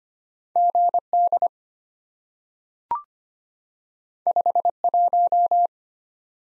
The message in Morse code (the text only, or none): GD 51